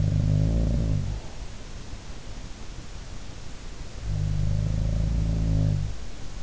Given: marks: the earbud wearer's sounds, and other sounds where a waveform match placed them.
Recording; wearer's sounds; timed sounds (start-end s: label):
sounds in sleep by an in-ear microphone; breath
0.00-2.01 s: sound from someone else or the room
0.75-2.01 s: breath
3.90-6.05 s: sound from someone else or the room